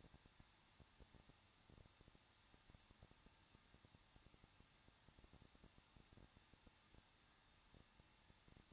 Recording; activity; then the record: daily activity, microphone in the room; no activity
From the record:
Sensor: 3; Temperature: 21.2 degrees Celsius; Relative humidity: 36.3%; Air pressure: 1006.3 hPa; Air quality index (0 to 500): 221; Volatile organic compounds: 40 ppm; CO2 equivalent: 3151 ppm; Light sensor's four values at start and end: 2/3/2/2 and 2/3/2/2